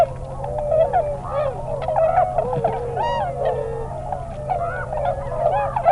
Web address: Tundra Swan